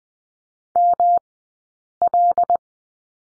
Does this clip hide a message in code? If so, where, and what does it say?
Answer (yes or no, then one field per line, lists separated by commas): yes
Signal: Morse code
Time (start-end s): 0.8-2.6 s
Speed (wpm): 20 wpm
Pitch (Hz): 700 Hz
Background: none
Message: ML